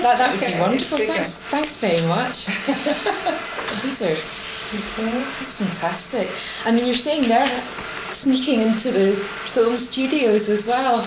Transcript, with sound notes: That would be wonderful. Thanks very much. [laughs] These are just fantastic. I mean you're saying there, sneaking into the film studios as well.